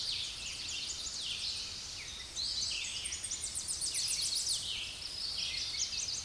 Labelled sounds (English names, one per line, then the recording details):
Tennessee Warbler song
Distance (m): 35 m
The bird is about 15 m above the microphone
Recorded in a Pennsylvania forest on 16 May 2024 at 08:34
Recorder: AudioMoth, point MSD-2110
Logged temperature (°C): 16.4 °C
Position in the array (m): 65 m, 173 m